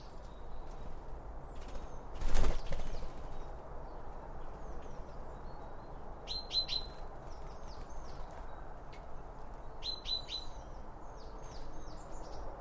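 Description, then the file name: Small birds chirping in quick bright bursts, clustered around six to eight seconds and again near ten to twelve seconds, with a single loud noise early on and steady low background rumble. Birds around a bird feeder, recorded with two Line Audio OM1 microphones. "Birds Around Birdfeeding With Two Om 1 From Line Audio"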